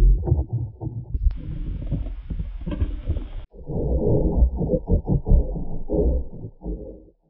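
Intense, low, continuous gurgling moans with bubbly bursts from an adult's empty stomach: ordinary hunger rumbling (borborygmi).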